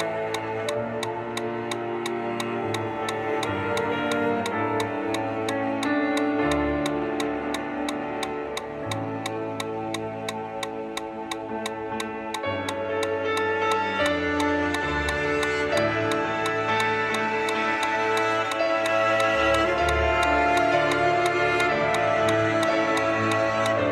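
A metronome ticks fast and steady at 175 beats per minute, sharp clicks about three each second throughout. Beneath it, dense music with held notes and a shifting low bass line plays continuously, growing slightly louder after the midpoint.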